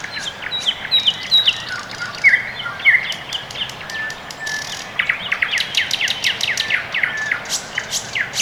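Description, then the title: Birds singing: a few clear whistled notes early, then dense bursts of rapid chirps and ticks from several birds. Quiet early morning, Orekhovo-Borisovo Severnoye district, Moscow, Russia; recorded with Sony ECM-MS2 microphone into Marantz PMD-661, processed with equalisation and gain. "район Орехово-Борисово Северное, Москва, Россия - Morning birds"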